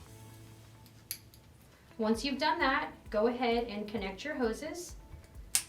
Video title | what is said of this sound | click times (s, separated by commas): CryoDynamics Hip Pad: The Future of Comfort | You're going to hear a click on each one. That lets you know that it's securely in place. | 5.6 s